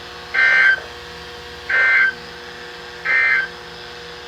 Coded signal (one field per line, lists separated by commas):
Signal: Emergency Alert System (SAME) tones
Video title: Little Bit Of Everything (EAS 641-659)